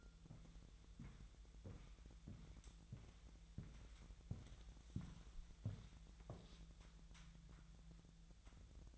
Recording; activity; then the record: daily activity, microphone in the room; walk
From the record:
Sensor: 3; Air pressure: 1002.0 hPa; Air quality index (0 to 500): 240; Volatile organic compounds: 106 ppm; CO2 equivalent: 3792 ppm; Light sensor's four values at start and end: 8/20/8/9 and 8/19/8/8